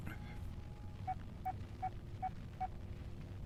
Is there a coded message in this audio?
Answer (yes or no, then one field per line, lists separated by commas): no